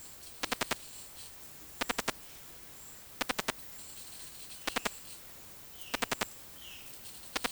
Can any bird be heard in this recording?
yes